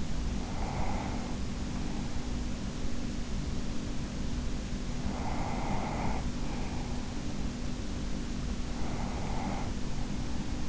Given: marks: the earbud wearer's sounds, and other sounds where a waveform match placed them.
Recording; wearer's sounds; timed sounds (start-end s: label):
sounds in sleep by an in-ear microphone; breath
0.00-2.19 s: breath
4.78-7.11 s: breath
8.63-10.69 s: breath